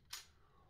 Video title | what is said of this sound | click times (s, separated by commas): Modding the Cobra Crossbow Pistol into a Tactical Carbine (Part 2) Attaching the Foregrip and Light | it just pops into place | 0.1 s